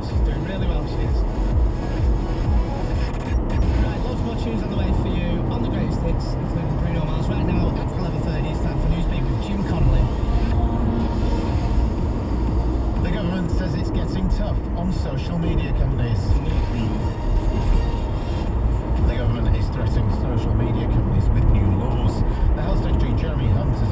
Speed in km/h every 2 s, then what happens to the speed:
81, 84, 87, 90, 89, 85, 90, 93, 98, 105, 108, 108.
0-5 speeds up to 90. 5-10 steady at about 89. 10-24 speeds up to 108.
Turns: none.